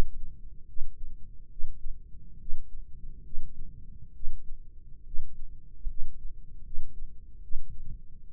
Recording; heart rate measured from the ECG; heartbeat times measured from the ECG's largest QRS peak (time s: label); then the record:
heart sounds by microphone in the right ear; 71 bpm
0.67 s: heartbeat
1.49 s: heartbeat
2.39 s: heartbeat
3.23 s: heartbeat
4.13 s: heartbeat
5.04 s: heartbeat
5.87 s: heartbeat
6.63 s: heartbeat
7.41 s: heartbeat
8.27 s: heartbeat
From the record:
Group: healthy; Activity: rest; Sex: male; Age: 21 years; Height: 180 cm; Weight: 67.5 kg